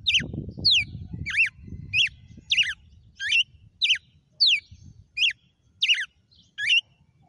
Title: Canto Galo Campina Fêmea 06. GALO DE CAMPINA FENRIR - HJ FOI AÇOITE VIU??